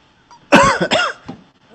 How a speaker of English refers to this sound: Well, quick, nobody wants to hear you coughing. Cut your cough out.